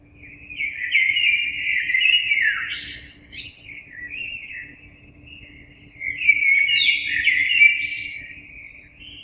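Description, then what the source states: Common blackbird song: two loud warbled phrases around mid-pitch, each ending in a high squeaky twitter, separated by a quieter pause; faint steady low hum beneath. Recorded 26 April 2022.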